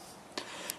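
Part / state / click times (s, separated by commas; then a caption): steering column trim/switch housing into steering column / seated / 0.4 s, 0.7 s. The steering-column switch housing of a 2007 Audi A6 C6 is pushed back into the steering column behind the wheel, with its screw left loose so it can clip in. Two short, sharp clicks sound at 0.4 s and 0.7 s against a quiet background, and the part is seated.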